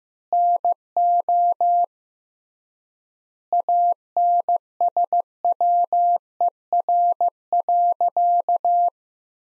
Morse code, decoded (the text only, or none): NO ANSWER.